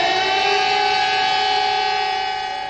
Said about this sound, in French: Lorsque les sirènes ont sonné, la foule est venue de Horta.